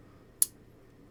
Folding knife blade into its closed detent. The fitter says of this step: when it closes a nice positive pop